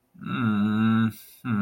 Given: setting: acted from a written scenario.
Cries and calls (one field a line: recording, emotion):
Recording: vocal sound without words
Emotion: confusion